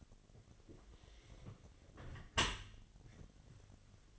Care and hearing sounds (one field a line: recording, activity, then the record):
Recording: daily activity, microphone in the room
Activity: close dishwasher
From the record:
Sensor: 4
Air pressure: 1007.5 hPa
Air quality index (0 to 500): 200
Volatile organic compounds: 7 ppm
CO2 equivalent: 1997 ppm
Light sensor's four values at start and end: 22/70/26/26 and 23/71/27/26